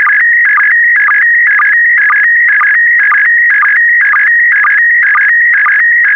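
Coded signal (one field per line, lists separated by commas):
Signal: SSTV (slow-scan television)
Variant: PD120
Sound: warbling tone near 2 kHz with short low blips about twice a second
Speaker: complete you can now check your decoded image against the picture that is shown on the video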